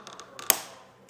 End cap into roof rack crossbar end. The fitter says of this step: until this clicks into place,